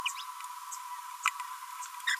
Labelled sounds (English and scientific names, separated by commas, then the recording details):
Green-rumped Parrotlet (Forpus passerinus) babbling
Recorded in a nest box in Venezuela
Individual 18B25A5